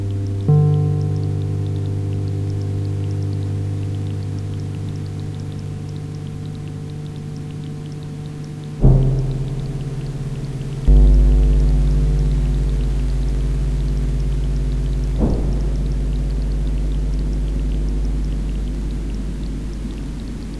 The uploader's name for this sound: Rain Storm with Transient Chords